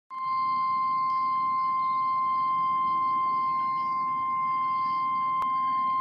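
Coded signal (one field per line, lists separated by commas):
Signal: Emergency Alert System (SAME) tones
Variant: 1050 Hz attention tone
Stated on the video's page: NOAA Weather Radio broadcast of a Dust Storm Warning from the Tucson weather service.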